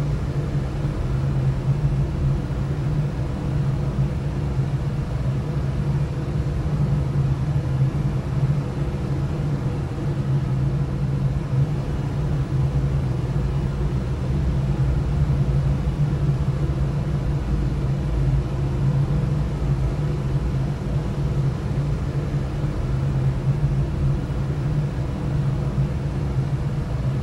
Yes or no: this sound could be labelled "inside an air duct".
yes